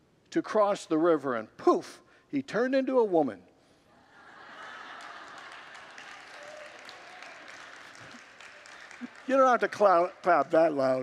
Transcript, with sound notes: to cross the river.” And poof, he turned into a woman. [Congregants laugh and applaud] You don’t have to clap that loud!